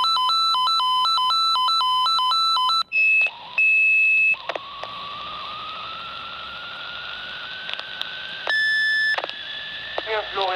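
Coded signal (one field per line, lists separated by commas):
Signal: pager alert tone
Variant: Quattro 98 fire pager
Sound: quick warbling multi-tone sequence, steady high beeps, then a slowly rising whine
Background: room echo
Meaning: Test alarm for the fire brigade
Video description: Probealarm der Feuerwehr Andernach mit Funkmeldeempfänger (FME)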